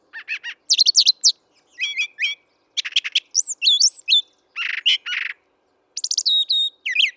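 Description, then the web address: Brown thrasher song with varied paired phrases: clipped chirps, high slurred whistles and harsh buzzy notes, alternating in quick succession. "birdsongforthecurious Brown Thrasher"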